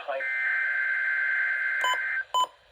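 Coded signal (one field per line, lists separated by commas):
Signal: Emergency Alert System (SAME) tones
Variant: header bursts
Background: speech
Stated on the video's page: Required Weekly Test.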